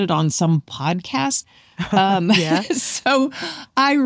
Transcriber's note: laughter